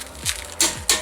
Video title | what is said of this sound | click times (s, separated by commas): Fix Your Bouncy Ride: Hyundai Elantra Rear Strut Replacement | you can hear the click, then you stop. | 0.6 s, 0.9 s